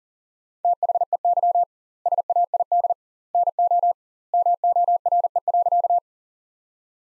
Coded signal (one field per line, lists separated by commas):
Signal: Morse code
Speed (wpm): 40 wpm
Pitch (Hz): 700 Hz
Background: none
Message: THEY SAID NO MORE.